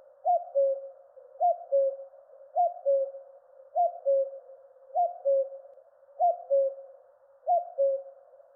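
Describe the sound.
Cuckoo calling a clear two-note cu-coo, the first note higher and the second lower, repeated steadily about every 1.2 seconds, seven calls in all, with nothing else heard.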